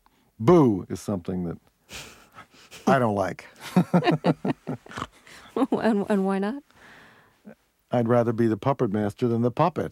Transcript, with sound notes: Boo! is something that I don't like.
(LAUGHTER)
And why not?
I'd rather be the puppet master than the puppet.